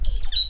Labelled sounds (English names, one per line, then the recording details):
Stitchbird song
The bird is a male
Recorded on Tiritiri Matangi Island, New Zealand, in 2005
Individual 7, of nest box 9